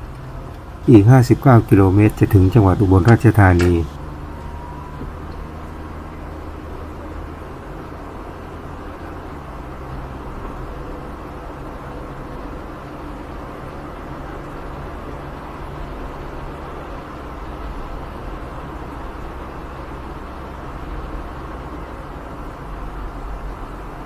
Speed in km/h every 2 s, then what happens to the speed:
45, 48, 50, 50, 52, 53, 54, 56, 59, 61, 62, 65.
0-24 speeds up to 65.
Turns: none.